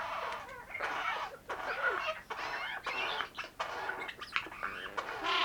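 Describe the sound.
Eurasian jay giving a run of harsh, raspy bursts broken by short gaps, mixed with squeaky, warbling notes and brief clicks.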